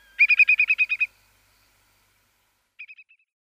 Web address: Schulze Peter Whimbrel calls